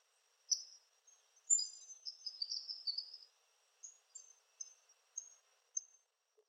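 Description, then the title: Palm tanager with a sharp high note, then a short run of squeaky twitters, followed by several separate thin calls spaced about half a second apart. "Sanhaçu-do-coqueiro (Tangara palmarum)"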